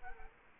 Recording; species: mosquito wingbeat signal from an infrared sensor; Culex quinquefasciatus